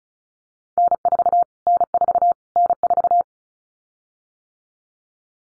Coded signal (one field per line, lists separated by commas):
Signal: Morse code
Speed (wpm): 34 wpm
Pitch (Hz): 700 Hz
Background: none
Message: N4 N4 N4